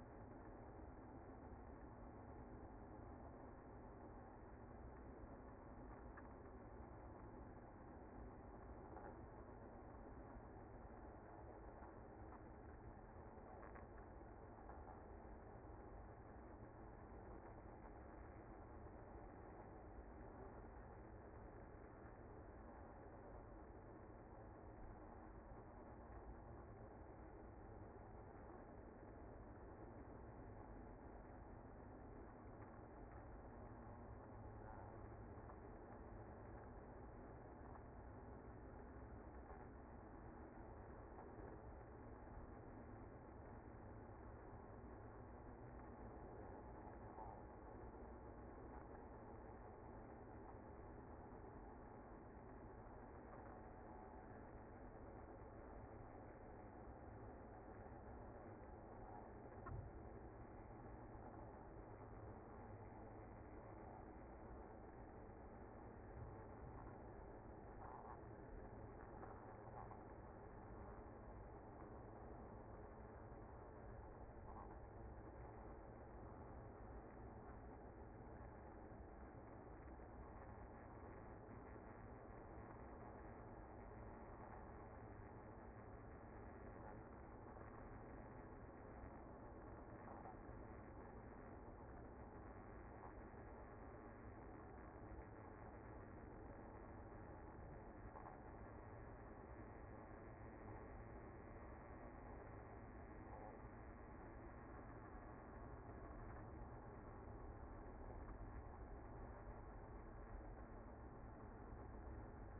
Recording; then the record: honeybee colony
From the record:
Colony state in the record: active